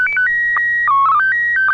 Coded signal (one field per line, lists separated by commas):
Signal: SSTV (slow-scan television)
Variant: PD 120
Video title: N6NA SSTV Net - 03/08/2023